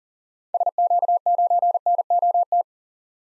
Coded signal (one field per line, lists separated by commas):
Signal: Morse code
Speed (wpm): 37 wpm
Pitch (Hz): 700 Hz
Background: none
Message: SQ9NOT